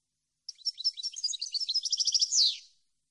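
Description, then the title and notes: European goldfinch song: a lively run of high twittering notes speeding into a trill, finishing with a rasping downslurred buzz; quiet background. Clean goldfinch song from a CD intended for song copying and training. "Cd Jilguero. Cd de canto de jilguero limpio para copia"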